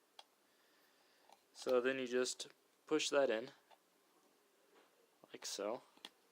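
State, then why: Seated. Someone talks while pushing a VR headset's cable plug into a small port on the headset. A sharp snap is heard at 6.1 s, with a few fainter ticks earlier. The snap means the connector is locked in place.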